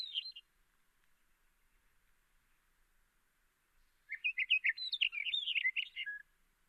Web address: sound Hume's-wheatear. صدای-پرنده-چکچک-شکم-سفید